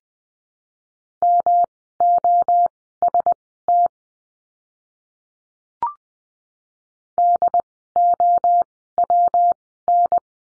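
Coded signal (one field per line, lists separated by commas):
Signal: Morse code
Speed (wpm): 20 wpm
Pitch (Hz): 700 Hz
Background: none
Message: MOST DOWN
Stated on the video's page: Morse code course lesson on letter F words, at Farnsworth speed of 20/10 wpm.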